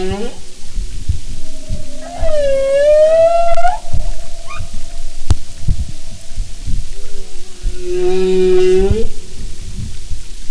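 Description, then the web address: Humpback whale song: a rich harmonic moan climbing slowly in pitch, a faint short squeak, and then a second rising moan, over constant low rumble. "Sound and Marine Mammals humpback"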